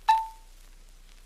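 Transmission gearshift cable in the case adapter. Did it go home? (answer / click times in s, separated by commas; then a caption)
no / none. The gearshift cable of a new 1959 Chrysler Torqueflite transmission is being handled at the transmission case adapter, with the cable guide pushed in lightly against O-ring friction toward the manual valve lever's reverse detent. A single bright metallic ring starts at about 0.1 s and fades out by about 0.5 s, followed by faint small clinks near 1.1 s and 1.3 s. Nothing has seated or locked into place yet.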